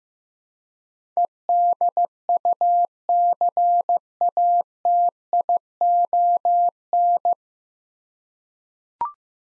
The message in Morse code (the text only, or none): EDUCATION